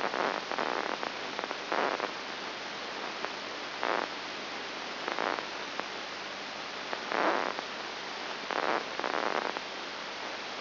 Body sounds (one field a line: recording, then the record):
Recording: brain microelectrode recording played as sound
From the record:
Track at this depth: inside the subthalamic nucleus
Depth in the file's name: 3.102 mm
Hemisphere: left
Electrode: 3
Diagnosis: Parkinson's disease